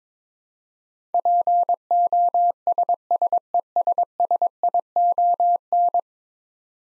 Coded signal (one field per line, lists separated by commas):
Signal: Morse code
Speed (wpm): 22 wpm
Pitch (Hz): 700 Hz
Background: none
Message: POSSESSION